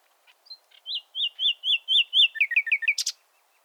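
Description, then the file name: Common nightingale song: a few soft notes, then loud swelling whistles repeated in a steady series, ending with quick chopped notes and a sharp burst. "Luscinia megarhynchos"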